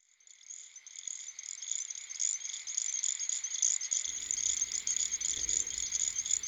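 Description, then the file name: Little grass frog chorus of high, thin chirps and trills fading in and continuing steadily, with a low rumble joining after about four seconds. "dan gibsons solitudes little grass frog"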